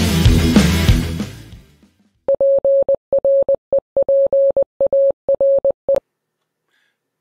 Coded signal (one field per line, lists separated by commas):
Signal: Morse code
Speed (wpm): 20 wpm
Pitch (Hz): 550 Hz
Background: music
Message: PREPARE